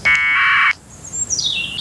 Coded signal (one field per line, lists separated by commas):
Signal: packet radio (AX.25, as in APRS)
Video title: Bugout ham radio comms part 2: Testing APRS from the location